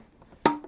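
A plastic bulb holder is pushed onto a Citroen C4 rear light lens housing until it clips in over the tangs. A faint tap at 0.2 s comes before a sharp, bright click at 0.5 s with a brief ringing tail, then a small tap at 0.6 s. The holder is seated and clipped into place.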